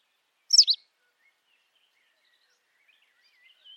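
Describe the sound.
White wagtail call, a quick sharp triple chip early on, followed by silence and faint high twittering notes at the end.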